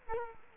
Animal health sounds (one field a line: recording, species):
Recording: mosquito wingbeat signal from an infrared sensor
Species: Culex quinquefasciatus